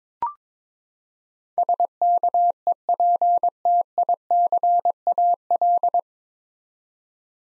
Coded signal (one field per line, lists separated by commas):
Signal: Morse code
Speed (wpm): 22 wpm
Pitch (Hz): 700 Hz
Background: none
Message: SKEPTICAL